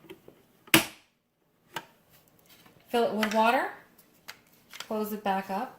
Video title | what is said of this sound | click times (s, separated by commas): Keurig K575 (Don't buy it before you watch this) | And what you're going to do is take this whole thing and push it down until you hear a click. | 0.7 s